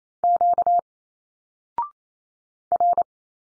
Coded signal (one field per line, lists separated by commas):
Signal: Morse code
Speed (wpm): 28 wpm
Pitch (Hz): 700 Hz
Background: none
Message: Q R